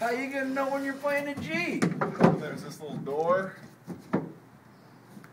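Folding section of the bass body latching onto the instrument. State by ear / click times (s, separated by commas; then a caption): seated / 4.1 s. Someone talks while assembling a Chadwick folding upright bass, fitting the little door section of the body into place. A sharp latch click at 4.1 s marks that folding section locking right on to the instrument, followed by a faint tick near the end.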